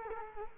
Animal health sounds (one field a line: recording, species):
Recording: mosquito wingbeat signal from an infrared sensor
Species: Culex quinquefasciatus